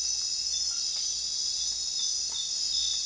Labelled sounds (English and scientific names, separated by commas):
none